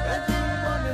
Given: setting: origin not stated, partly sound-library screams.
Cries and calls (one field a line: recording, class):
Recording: one-second piece from a danger detection set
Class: normal situation